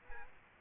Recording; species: mosquito wingbeat signal from an infrared sensor; Aedes aegypti